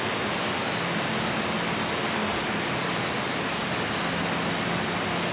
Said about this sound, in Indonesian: Yang sepertinya enggak terdengar suaranya, ya, karena hujan.